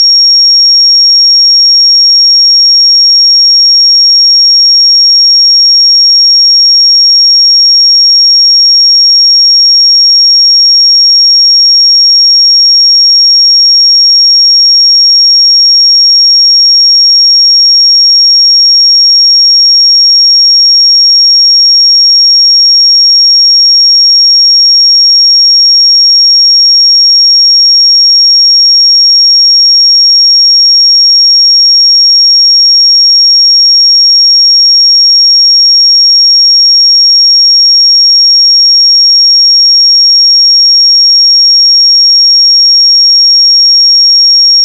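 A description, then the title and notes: A pure 5567 Hz sine tone holds perfectly steady for the whole clip, thin and piercingly high, with no other sounds beneath it. 5567 Hz 1 Hz Interval Sine Pure Tone Frequency 441000 Sample Mono.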